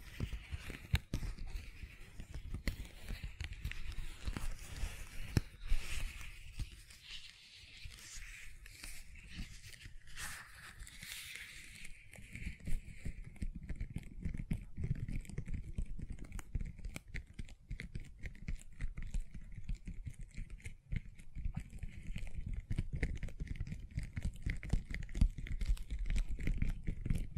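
Gentle silicon sounds: a dense, irregular stream of small clicks and ticks, much like light typing, runs the whole way through. For the first twelve seconds a bright hiss sits above the clicks; after that it thins and a soft low rumble takes over.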